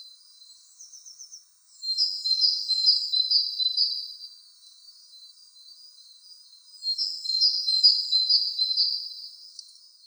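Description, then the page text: Tit singing high rapid repeated notes in two separate bursts, each a few seconds long, with a quiet gap between. "Звуки синицы"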